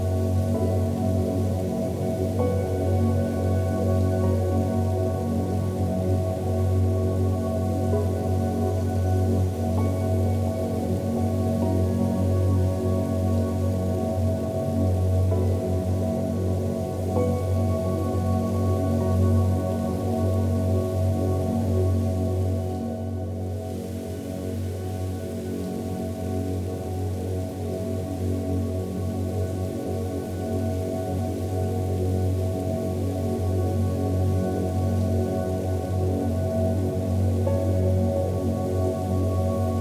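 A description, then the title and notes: Soft rain hisses steadily beneath a deep, sustained hum made of several low tones that hold without a break for the whole stretch. Around the twenty-three second mark the sound briefly thins and dips before settling back to the same dense, even wash. Drift Away to Soft Rain and Deep Tones.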